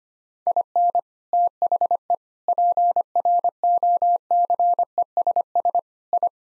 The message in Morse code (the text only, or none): IN THE PROCESS I